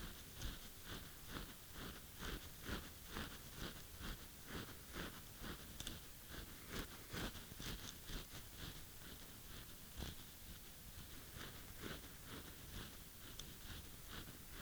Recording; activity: daily activity, guitar pickup as the sensor; brush teeth